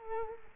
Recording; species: mosquito wingbeat signal from an infrared sensor; Culex quinquefasciatus